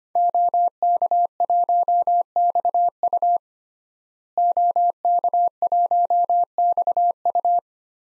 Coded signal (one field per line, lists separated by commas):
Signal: Morse code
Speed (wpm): 25 wpm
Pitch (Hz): 700 Hz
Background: none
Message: OK1XU OK1XU